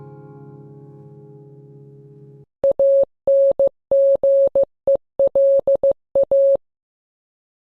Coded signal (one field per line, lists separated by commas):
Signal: Morse code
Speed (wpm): 15 wpm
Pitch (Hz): 550 Hz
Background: none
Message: ANGELA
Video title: Morse code in the night - Ippia